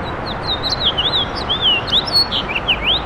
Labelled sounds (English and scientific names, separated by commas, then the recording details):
House Finch (Haemorhous mexicanus) song
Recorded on Long Island, New York, on 7 June 2012
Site SU
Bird B